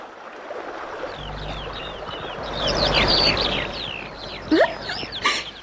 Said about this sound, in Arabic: العصافير تكاد أن تدغدغني.